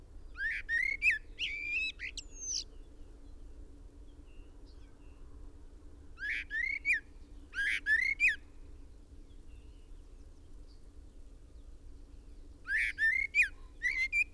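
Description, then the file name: Common blackbird song in three spaced bursts of bright whistled phrases, each about two seconds long, with quiet gaps and a steady low hum between. "Turdus merula"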